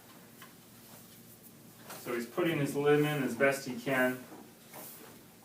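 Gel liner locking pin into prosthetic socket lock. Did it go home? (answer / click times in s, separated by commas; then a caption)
no / none. A limb wearing a gel liner with a locking pin is lined up and inserted into a prosthetic socket, ahead of standing to engage the lock. Someone talks over quiet background sounds while the limb is put in. Nothing has seated or clicked yet.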